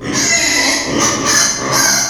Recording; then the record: squeal of a Yucatan mini pig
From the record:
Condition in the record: before surgery on the right vocal fold (resection and tissue-engineered implant); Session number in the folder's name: 2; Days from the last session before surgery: 0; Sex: male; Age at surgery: 12 weeks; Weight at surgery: 13 kg